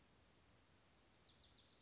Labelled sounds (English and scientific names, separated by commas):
Wilson's Warbler (Cardellina pusilla)